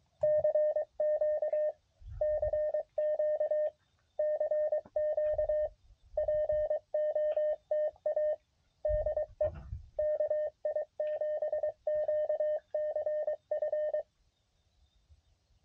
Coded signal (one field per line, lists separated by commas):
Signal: Morse code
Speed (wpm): 23 wpm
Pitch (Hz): 610 Hz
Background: radio noise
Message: CQ CQ CQ POTA DE KI7QCF